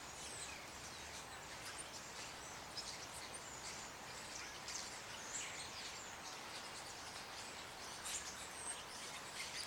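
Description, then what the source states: Birds calling faintly, with scattered high chirps over a steady hiss of background noise. Birds at night in trees in Hilversum, in snow.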